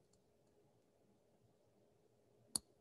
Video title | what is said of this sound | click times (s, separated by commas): Physics Circular Motion 7A Rotational Equilibrium | you hear that little click that tells me that i just got to the tightening of 7.3 newton meters | 2.6 s